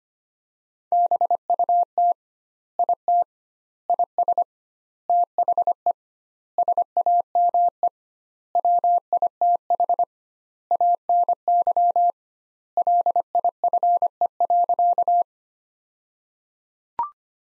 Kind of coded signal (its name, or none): Morse code